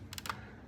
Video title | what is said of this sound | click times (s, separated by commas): Retro Tech Episode 4- Sony Walkman F2065 STILL beats Todays IPhones / Android Sorry Swifties | you hear that snap that's just like you know the strength of the door | 0.1 s, 0.2 s, 0.3 s